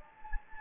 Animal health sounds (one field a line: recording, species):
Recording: mosquito wingbeat signal from an infrared sensor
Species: Anopheles gambiae